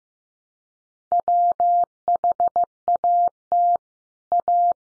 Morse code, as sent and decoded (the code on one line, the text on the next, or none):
.-- .... .- - / .-
WHAT A